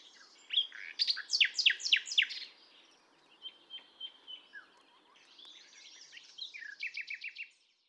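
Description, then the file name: Common nightingale song: rapid series of sharp, descending whistled strokes, a pause, then quieter varied phrases ending in a quick trill, over faint background hiss. "Luscinia megarhynchos"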